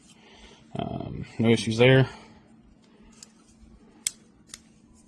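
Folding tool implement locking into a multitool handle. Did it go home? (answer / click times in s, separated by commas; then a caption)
yes / 4.1 s. Someone talks, then an outside tool on a compact metal multitool is swung open until its lock engages. A sharp, positive click is heard at 4.1 s, with fainter ticks around it. The implement is locked open in the handle.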